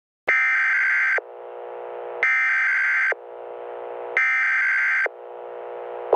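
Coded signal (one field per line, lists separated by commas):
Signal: Emergency Alert System (SAME) tones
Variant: header bursts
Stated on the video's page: Fictional EAS scenario.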